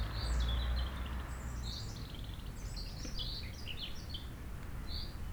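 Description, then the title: European robin singing continuous liquid phrases of high warbled, trilling and fluttering notes, rising and falling quickly, with a deep hum and wind beneath. Chindrieux, France; sunny sloping lawn at Châtillon beach, sheltered from the north wind; robin singing not far away; wind murmuring in the trees. "Chem. des Rubellines, Chindrieux, France - rouge gorge"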